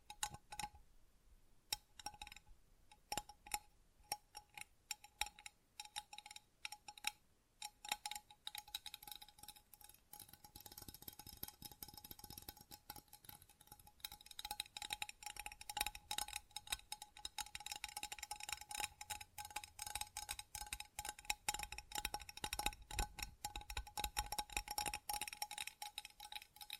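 Tapping and scratching on a hard, glassy surface, with quick bright clicks and clinks coming thick and irregular. A steady faint tone holds underneath throughout. The activity starts sparser, grows denser and louder after about ten seconds, and stays busy to the end.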